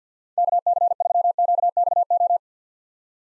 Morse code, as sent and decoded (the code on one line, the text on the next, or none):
-.- -.-. ...-- --.- -..- ---
KC3QXO